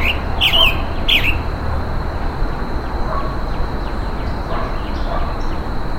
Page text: Calls of a Roadside Hawk as it is being mobbed in humid tropical forest.